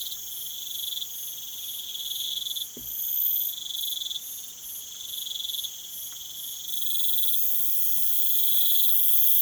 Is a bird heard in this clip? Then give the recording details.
no. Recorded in pastures near Puerto Asís, Putumayo, Colombia, on 19 June 2025 at 02:00. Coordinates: 0.487, -76.322. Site H26